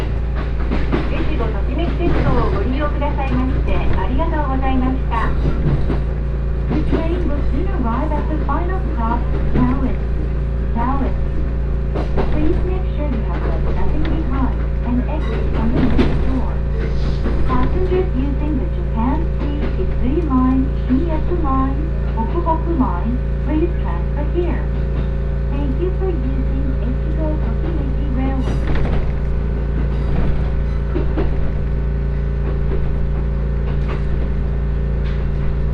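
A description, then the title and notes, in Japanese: Inside a train on a rail journey, a steady low rumble and hum of the moving car runs under the whole stretch. Passengers talk nearly continuously, and occasional knocks and rattles from the carriage break through, especially around the middle and end. 耳で楽しむ鉄道旅 えちごトキめき鉄道 高田→直江津→糸魚川。ディーゼルカー1両で足りてしまいます。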